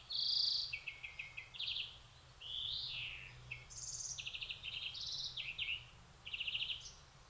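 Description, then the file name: European greenfinch giving rapid twittering calls: short buzzy trills and chirps in quick varied bursts, with a slurred note midway and a faint low rumble beneath. "Chloris chloris"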